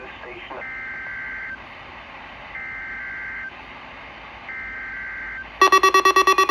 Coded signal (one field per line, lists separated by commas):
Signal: Emergency Alert System (SAME) tones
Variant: header bursts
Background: speech